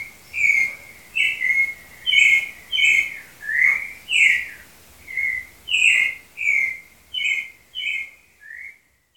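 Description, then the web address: Clay-colored thrush delivering a series of clear whistled phrases in quick succession, ending with a short falling phrase and then quiet. "Cantos Turdus-grayi"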